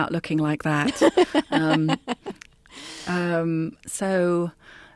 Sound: soundbite of laughter

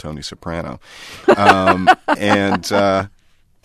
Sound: laughter

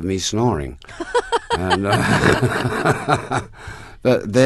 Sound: soundbite of laughter

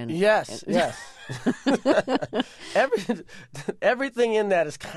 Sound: laughter

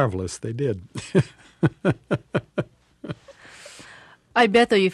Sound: soundbite of laughter

